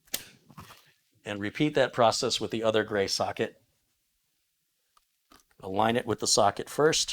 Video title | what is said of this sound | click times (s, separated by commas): LIVE! Build your own fast, cheap, quiet and reliable computer! | and the other side you'll hear it click | 0.1 s